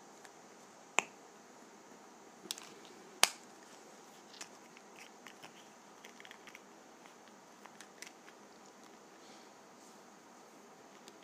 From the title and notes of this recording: ASMR Lip Gloss Container.